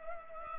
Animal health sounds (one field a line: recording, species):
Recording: mosquito wingbeat signal from an infrared sensor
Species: Culex pipiens